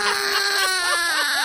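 A baby girl's sustained, high-pitched wailing cry with wavering pitch, continuous throughout, in a small radio studio.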